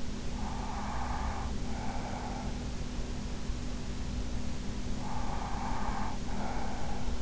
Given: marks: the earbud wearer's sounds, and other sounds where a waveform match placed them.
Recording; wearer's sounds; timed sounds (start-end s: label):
sounds in sleep by an in-ear microphone; breath
0.18-2.69 s: breath
4.93-7.22 s: breath